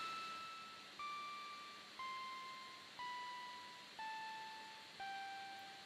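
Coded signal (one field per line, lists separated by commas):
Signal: speaking clock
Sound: six smooth electronic tones, one per second, each fading and slightly lower pitched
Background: faint hiss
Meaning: Each beep marks one second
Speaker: tenths beeps just have the beeps of a second it'll still announce the quarter minutes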